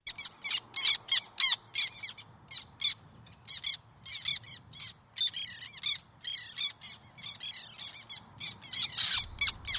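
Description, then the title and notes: Black tern calls: harsh, scratchy notes repeated rapidly, about three a second in uneven bursts, with a faint low rumble underneath. "Viikon luontoääni: Mustatiira. Pertti Koskimies"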